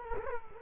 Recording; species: mosquito wingbeat signal from an infrared sensor; Culex quinquefasciatus